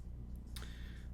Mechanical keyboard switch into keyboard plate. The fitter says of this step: they do. You can hear them snapping in.